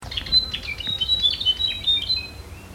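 Dimorphic fantail calls: a quick run of thin, high squeaky notes and short whistles, jumping up and down in pitch.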